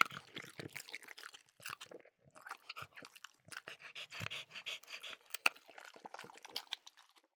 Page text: French Bulldog Eating. Quick Sounds